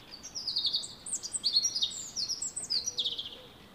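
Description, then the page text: Common chaffinch song: a rapid run of high, sliding, downward-falling notes delivered almost without pause across the whole stretch. Wild individual with a highly aberrant repertoire in pre-breeding season; 173 songs of nine song types recorded, including elements resembling wren and nuthatch imitations, with unusual song syntax. "Chaffinch Fringilla coelebs. Ornis Fennica"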